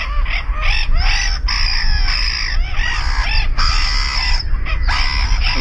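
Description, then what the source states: Black-headed Gull calls: many harsh, rasping screeches overlapping in a noisy chorus above a strong low rumble. Played back in a lineup of gull calls for comparison.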